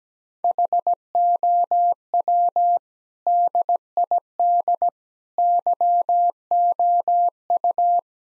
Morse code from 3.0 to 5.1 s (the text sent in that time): DID